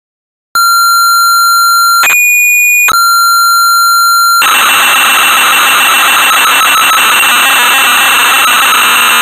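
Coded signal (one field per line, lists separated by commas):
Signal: computer data on cassette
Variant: Amstrad CPC 464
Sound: steady whistling lead tone, short breaks, then harsh rasping buzzing data screech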